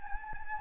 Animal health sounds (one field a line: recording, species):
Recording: mosquito wingbeat signal from an infrared sensor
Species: Anopheles gambiae